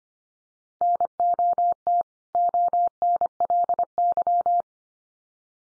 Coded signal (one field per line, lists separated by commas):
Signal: Morse code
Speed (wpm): 25 wpm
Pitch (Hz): 700 Hz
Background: none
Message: NOT ONLY